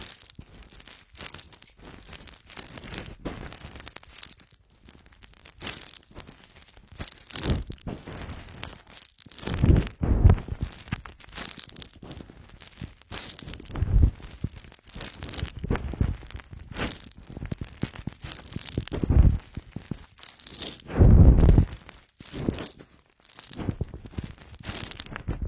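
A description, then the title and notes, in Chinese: Ear cleaning with a fluffy bonten brush: dense, uneven scratchy rustling and crinkling strokes, swelling into louder deep bursts around 10, 14, 19 and 21 seconds. 姐姐的梵天掏耳。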